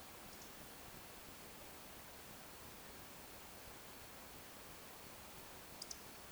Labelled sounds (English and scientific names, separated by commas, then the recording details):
Eurasian Woodcock (Scolopax rusticola) whistle
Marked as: whistle, whistle
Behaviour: display flight
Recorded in Baden-Württemberg, Germany, on 17 June 2021 at 20:19 UTC
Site 52006, 794 m above sea level